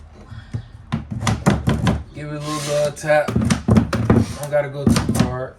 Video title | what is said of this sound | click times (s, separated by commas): Installing Vinyl Flooring - After My Leg Injury 🤕🤦🏾‍♂️😰 | you going to hear a little click | 0.9 s, 1.3 s